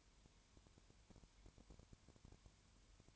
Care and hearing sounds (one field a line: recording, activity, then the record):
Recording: daily activity, microphone in the room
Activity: no activity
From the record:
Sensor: 2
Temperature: 20.3 degrees Celsius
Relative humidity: 33.8%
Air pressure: 1003.2 hPa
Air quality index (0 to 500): 82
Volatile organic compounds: 1 ppm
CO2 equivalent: 782 ppm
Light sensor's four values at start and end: 2/3/2/2 and 2/3/2/2